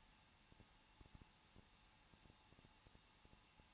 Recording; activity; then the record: daily activity, microphone in the room; no activity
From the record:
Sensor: 1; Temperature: 20.1 degrees Celsius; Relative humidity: 39.1%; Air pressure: 1006.4 hPa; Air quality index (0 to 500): 216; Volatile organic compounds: 74 ppm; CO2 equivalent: 3558 ppm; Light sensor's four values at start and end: 1/2/1/1 and 1/2/1/1